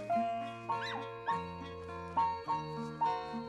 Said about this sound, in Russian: В комнате около кровати играют две собачки.